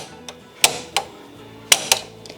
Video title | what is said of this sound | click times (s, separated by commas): Behind The Scenes Of A Small Business Owner : Phone Cases, Embroidery & Sublimating Keychains! | And we're going to go ahead and we're going to click down on the buttons. You see everything click to pop it out. | 0.6 s, 1.0 s, 1.7 s